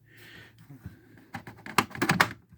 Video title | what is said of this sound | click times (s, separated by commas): Part 6 G.I.JOE Haslab 1:18 Scale Sky Striker Mini Series: Fuselage, Hidden Panels, and Issues. | Hear that click. | 1.8 s, 2.2 s